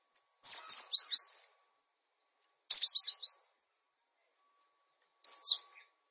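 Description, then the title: Bird song of three short phrases of quick high slurred notes, the last a single brief burst, spaced roughly two seconds apart. "LuckyPassaro"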